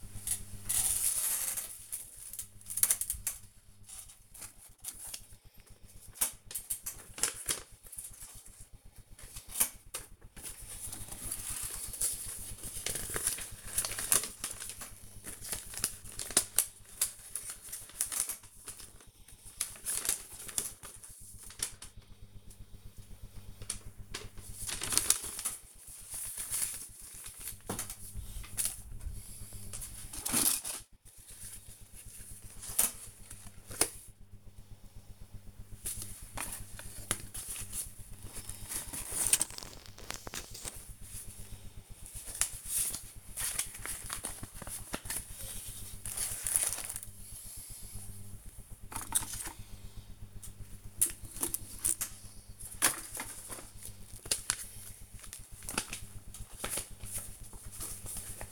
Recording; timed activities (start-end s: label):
household activities, microphone on the right wrist
0.00-58.52 s: sorting documents